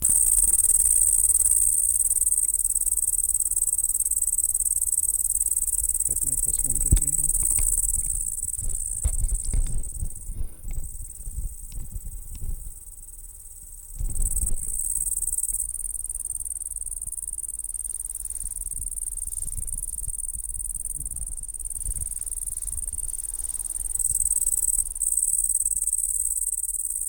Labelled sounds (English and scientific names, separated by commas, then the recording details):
Great Green Bush-cricket (Tettigonia viridissima) stridulation
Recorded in the wild
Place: Groß Schönebeck, Schorfheide, Brandenburg, DE
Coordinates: 52.91, 13.53
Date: 1996-08-02 17:00
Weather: sonnig, 22°C, böiger Wind
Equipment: Sony MD-WM MZ-R3, Sennheiser ME 80, Kopie Uher 4000 Report Monitor
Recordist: Tembrock, Günter